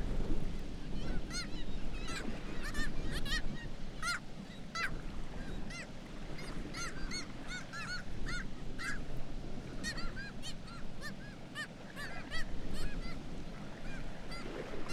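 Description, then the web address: Black-legged kittiwakes calling, many overlapping nasal cries from several birds, repeated constantly over a steady low roar. "sound Black-legged-kittiwake. صدای-پرنده-کاکایی-پاسیاه"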